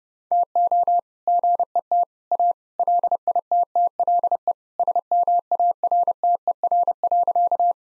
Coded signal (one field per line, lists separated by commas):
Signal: Morse code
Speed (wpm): 30 wpm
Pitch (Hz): 700 Hz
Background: none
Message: TO GET A LITTLE SMARTER.